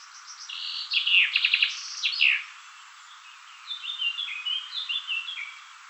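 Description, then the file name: Common chaffinch song, a fast run of repeated notes speeding down into a short flourish, followed by fainter chirping from other birds. "Fringilla coelebs"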